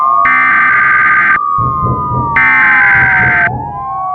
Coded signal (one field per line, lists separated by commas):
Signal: Emergency Alert System (SAME) tones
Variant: header bursts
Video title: EAS Scenario Cartooned to life p2 unfinished